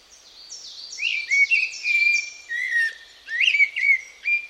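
Bird calling with steady whistled phrases around a clear tone, while a second bird repeats thin, descending high notes in the background.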